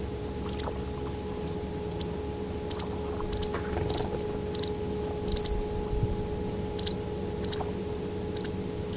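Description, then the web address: White wagtail calls: short, sharp high chirps, single or in quick pairs, scattered irregularly over nine seconds above a steady electrical hum. "Deverinetal 2025 File origin Bird Only"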